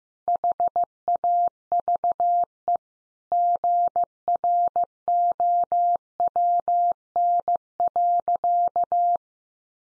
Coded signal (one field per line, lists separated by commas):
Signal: Morse code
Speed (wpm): 15 wpm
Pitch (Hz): 700 Hz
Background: none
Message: HAVE GROWN.